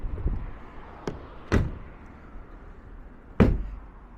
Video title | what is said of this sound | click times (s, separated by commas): Undercover Ultra Flex cover on a 21 Jeep Gladiator , review by C&H Auto Accessories #754-205-4575 | we're going to close this up you hear the little locks in there | 1.1 s, 1.5 s, 3.4 s